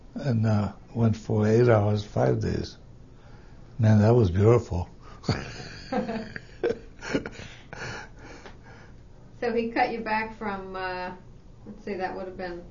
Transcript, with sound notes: and went for eight hours, five days, and that was beautiful. (he laughs)
So he cut you back from, uh, let's see, that would have been